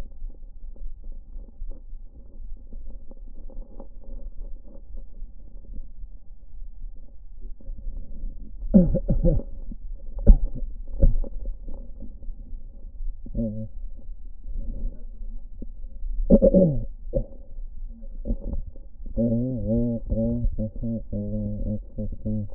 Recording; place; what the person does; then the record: lung sounds by stethoscope; left anterior apical chest; quiet breathing, then cough and speech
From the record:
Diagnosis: none (healthy); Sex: male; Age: 35 years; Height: 186 cm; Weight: 108 kg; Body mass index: 31.2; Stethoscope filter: diaphragm mode